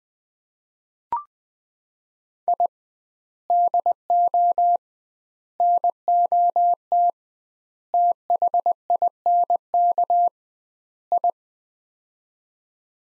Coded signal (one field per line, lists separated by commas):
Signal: Morse code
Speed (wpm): 21 wpm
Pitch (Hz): 700 Hz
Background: none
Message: I DO NOT THINK I